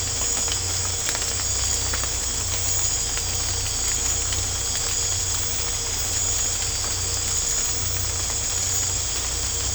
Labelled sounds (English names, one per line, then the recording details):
none
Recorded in secondary vegetation near Puerto Asís, Putumayo, Colombia, on 18 December 2024 at 00:30
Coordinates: 0.502, -76.326
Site G028